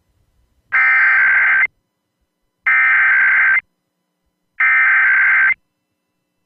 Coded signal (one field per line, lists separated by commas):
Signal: Emergency Alert System (SAME) tones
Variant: header bursts